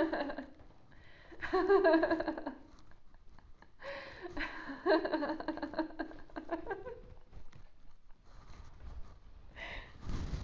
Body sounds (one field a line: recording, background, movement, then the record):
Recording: laughter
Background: quiet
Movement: sitting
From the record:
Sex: female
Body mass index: 18.3 kg/m2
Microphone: on the chest, facing outward